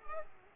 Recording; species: mosquito wingbeat signal from an infrared sensor; Culex pipiens